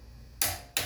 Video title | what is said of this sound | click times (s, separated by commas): Slow air leak, tire repair. | You heard that click right | 0.4 s, 0.8 s